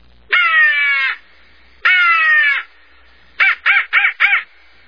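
Crow cawing: two long, hoarse, drawn-out caws followed by a quick run of four short clipped caws.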